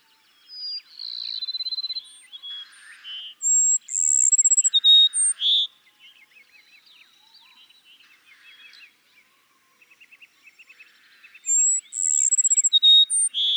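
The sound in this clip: Cassin's sparrow sings three songs, each with a whistled opening, a trill and lower closing notes, with softer twittering between them.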